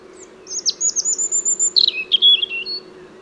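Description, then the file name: European robin song: a clear run of very high, thin, evenly spaced notes followed by a descending twittering flourish, over a faint low hum. "Erithacus rubecula"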